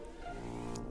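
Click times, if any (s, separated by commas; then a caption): none. Someone presses the tapered end of a plastic ink cartridge into a calligraphy pen barrel, but it is very hard to push. Over a steady low hum, a brief sharp tick rises near 0.8 s, but the cartridge has not clicked into place yet.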